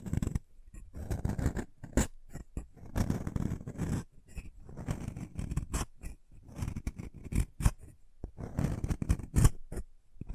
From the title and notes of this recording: ASMR Chalk Carving and Cutting Sounds (No Talking).